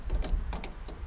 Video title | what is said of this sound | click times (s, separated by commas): Storage Trailer Glad Hand Lock - The Eagle Leasing Company | Goes right on the glide hand like that. Pops right in. | 0.5 s, 0.6 s